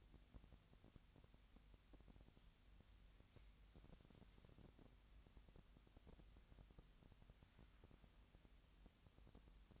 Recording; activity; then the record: daily activity, microphone in the room; wipe stove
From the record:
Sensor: 3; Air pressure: 1003.2 hPa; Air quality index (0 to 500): 197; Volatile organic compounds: 6 ppm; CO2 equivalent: 1924 ppm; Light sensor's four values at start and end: 13/31/13/14 and 13/31/13/14